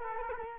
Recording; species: mosquito wingbeat signal from an infrared sensor; Culex quinquefasciatus